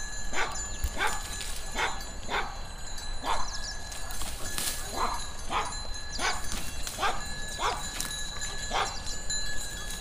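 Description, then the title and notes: Sheep chewing cud, crisp crunching strokes repeating steadily throughout, over steady high-pitched tones in the background. Sheep ruminating in a green meadow; field recording at Caldas de São Paulo, Oliveira do Hospital. "ovelhas ruminando em prado verde. grvacao de campo num prado verde em caldas de sao paulo, oliveira do hospital"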